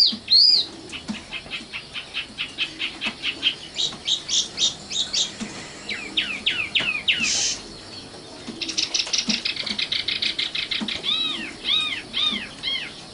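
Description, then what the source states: Oriental magpie-robin song, a long run of quick sharp repeated notes, a brief buzzy burst, then rapid chatter and a few arched whistles. Kacer song.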